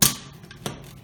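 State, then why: Seated. A plastic lid is pressed onto a suction canister liner, starting with a loud burst of contact noise. Two short clicks follow at 0.5 s and 0.7 s, the second louder, as the lid snaps into place. It is seated and will not come off when lifted.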